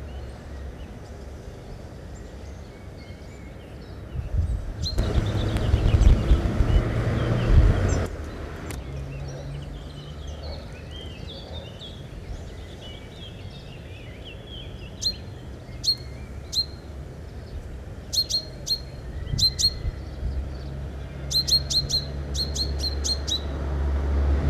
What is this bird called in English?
Common Chaffinch